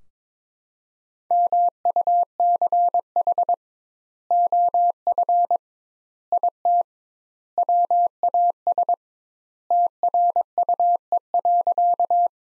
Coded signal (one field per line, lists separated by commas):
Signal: Morse code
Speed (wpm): 22 wpm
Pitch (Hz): 700 Hz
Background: none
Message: MUCH OF IT WAS TRUE.